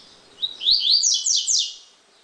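Double-collared seedeater song: a short phrase of high slurred notes rising and falling, the last few louder and downslurred.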